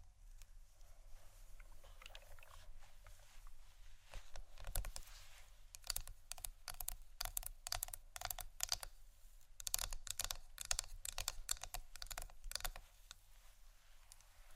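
Scratchy tapping comes in quick, sharp clicks like typing, sparse in the first few seconds and then dense and rapid from about four seconds on. The clicks are bright and crisp, with short scratchy passes between bursts and a low hum underneath.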